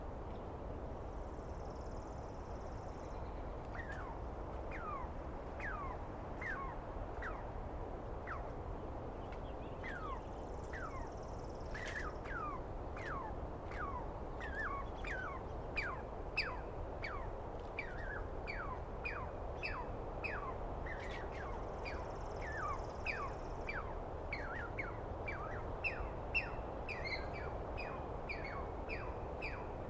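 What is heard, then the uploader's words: A pine squirrel calls in a long run of quick, falling chirps at a steady pace, with brief high buzzes and a constant low rumble behind. I set up my microphones and recorder for a nice dawn recording in the East Cascades. I was started awake by a screaming Douglas Pine Squirrel.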